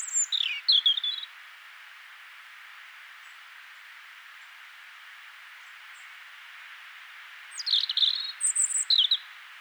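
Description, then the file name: European robin singing a jumbled high phrase of falling notes, a pause of about six seconds, then another tinkling, descending phrase, over soft background hiss. "Erithacus rubecula"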